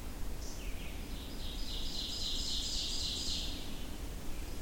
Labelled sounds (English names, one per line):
Ovenbird song